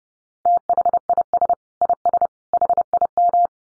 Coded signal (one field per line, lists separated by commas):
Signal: Morse code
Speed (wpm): 30 wpm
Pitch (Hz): 700 Hz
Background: none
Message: THIS IS HIM